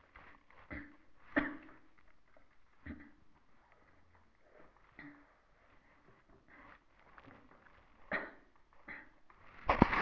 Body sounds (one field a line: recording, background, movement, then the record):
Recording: throat clearing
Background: quiet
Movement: sitting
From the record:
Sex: female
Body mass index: 25.5 kg/m2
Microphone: on the chest, facing the body